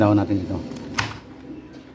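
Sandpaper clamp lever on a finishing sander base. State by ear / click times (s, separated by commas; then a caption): seated / 1.0 s. On a Makita B4510 orbital finishing sander, sandpaper is tucked under the clamp on the base and the metal clamp lever is pressed down. It locks with a single sharp click at 1.0 s, and the sandpaper is held secure. Someone talks before and after the click.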